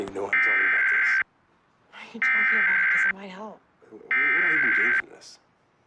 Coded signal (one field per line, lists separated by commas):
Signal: Emergency Alert System (SAME) tones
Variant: header bursts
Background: speech